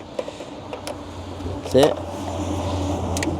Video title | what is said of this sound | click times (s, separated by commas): How to replace a headlight assembly for Toyota Corolla 2011-2013 | There you go, pop right out, see that? | 3.2 s